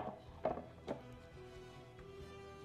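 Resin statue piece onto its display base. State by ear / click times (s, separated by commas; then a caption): seated / 0.5 s. A resin statue piece is set onto its display base and a magnet pulls it home with a short, sharp snap at 0.5 s, followed by a softer knock just before 0.9 s. Steady faint tonal background continues afterward. The piece is seated firmly on the base.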